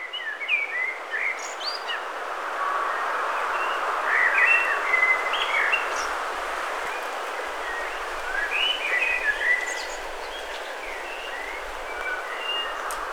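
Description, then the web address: Birds chirping, with brief high whistled notes and twitters throughout, sometimes overlapping, set against a constant rushing wind. Birds heard with wind blowing through grass. "best service Blue Box wind wind through grass birds"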